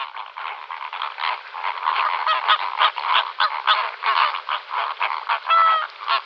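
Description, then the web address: Greater flamingo flock calling, a dense continuous gabble of overlapping nasal honks with one clearer goose-like honk near the end. "Schulze Peter Greater Flamingo"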